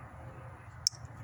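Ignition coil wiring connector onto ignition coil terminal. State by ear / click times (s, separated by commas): seated / 0.9 s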